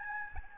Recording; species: mosquito wingbeat signal from an infrared sensor; Aedes albopictus